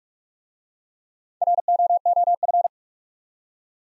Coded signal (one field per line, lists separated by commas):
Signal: Morse code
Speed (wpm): 46 wpm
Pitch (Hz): 700 Hz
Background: none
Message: ROOF